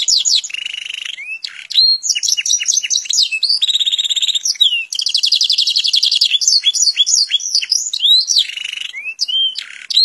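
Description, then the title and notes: Atlantic canary song: a dense, varied run of buzzy trills, rattles and slurred whistles, changing phrase every second or two. Canary used as a master bird for song tutoring. "Suara Burung Kenari Masteran. master suara burung kenari"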